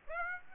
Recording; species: mosquito wingbeat signal from an infrared sensor; Aedes aegypti